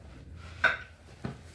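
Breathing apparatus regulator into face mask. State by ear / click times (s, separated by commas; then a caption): seated / 1.2 s. A breathing apparatus regulator is held flat against a face mask and twisted to the right until it locks, with a brief rustling burst around 0.6 s before a short, sharp click at 1.3 s. The click shows the twist-lock part has seated home, locking in with its arrows lined up.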